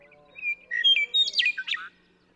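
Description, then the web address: Western meadowlark song, flutelike whistles, then a rapid, bubbling warble of varied notes finishing with a falling slur. "birdsongforthecurious songs Western Meadowlark"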